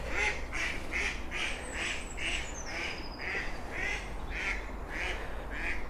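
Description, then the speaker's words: Duck quacking, a series of several harsh, nasal quacks repeated roughly every half second, steady and evenly spaced, with a faint thin whistled sound and low background rumble. Quacks made by females, males silent; ducks disturbed by a walker on a canal towpath on a frosty, misty morning among hills. "yeah, the males are silent, it's the females that make the quack, quack, quack."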